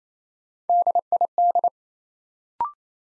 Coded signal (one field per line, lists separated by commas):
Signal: Morse code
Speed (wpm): 28 wpm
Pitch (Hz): 700 Hz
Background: none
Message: DID